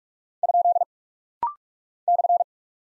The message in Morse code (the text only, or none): ? /